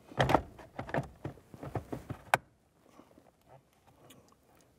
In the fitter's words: That blower motor will lock into place.